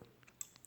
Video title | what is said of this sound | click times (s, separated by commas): What We Use To Film (Osmo Review) | So once it's unlocked, | 0.4 s